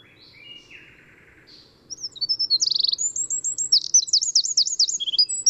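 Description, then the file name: Eurasian wren song bursting in about two seconds in, with quick high chips, a buzzy rattle and rapid trills; fainter notes come first. "Troglodytes troglodytes"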